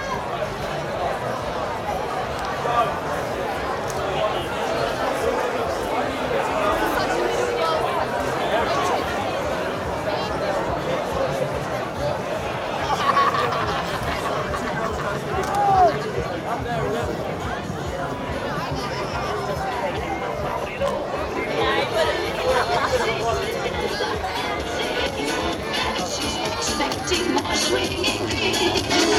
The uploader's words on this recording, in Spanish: Caminata Nocturna Glastonbury 2014. Caminando desde el gran letrero que dice GLASTONBURY junto al Park Stage hasta mi carpa.